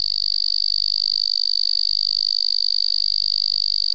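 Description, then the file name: Weidholz's banana frog calling with a continuous, rapidly pulsed high-pitched buzz, even in tone and loudness throughout. "Afrixalus weidholzi"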